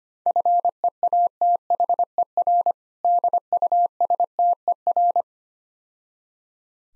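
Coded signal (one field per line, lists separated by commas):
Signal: Morse code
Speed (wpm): 25 wpm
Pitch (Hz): 700 Hz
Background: none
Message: FEATHER DUSTER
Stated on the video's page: Morse code practice drill at 25 wpm, difficult words with contextual hints.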